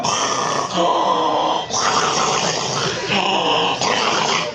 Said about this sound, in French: Il ronfle de fou.